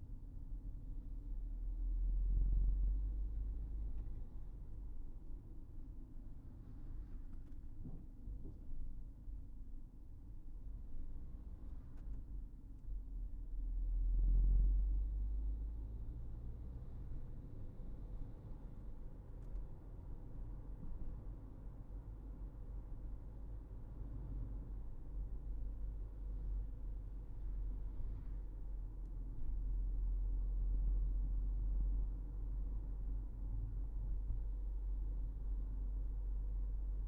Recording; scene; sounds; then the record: everyday scene through a hearing-aid microphone; in a vehicle; engine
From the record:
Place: Berlingo II, diesel engine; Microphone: behind the ear, right, front